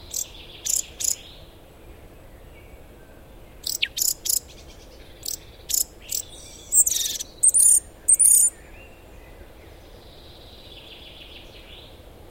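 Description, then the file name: Eurasian blackcap calls: scattered sharp, dry clicks in small clusters. "Sylvia atricapilla"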